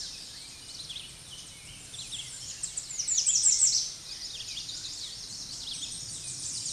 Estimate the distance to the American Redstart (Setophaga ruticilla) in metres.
about 10 m